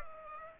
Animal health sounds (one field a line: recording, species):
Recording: mosquito wingbeat signal from an infrared sensor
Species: Aedes aegypti